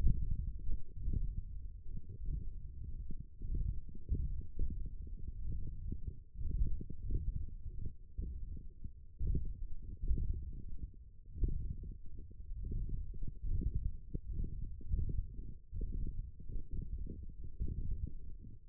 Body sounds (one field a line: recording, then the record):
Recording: forearm muscle sounds (acoustic myography)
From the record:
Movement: index flexion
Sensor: system 1, eight BSWA MPA416 microphones around the upper forearm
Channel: 7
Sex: male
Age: 21 years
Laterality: right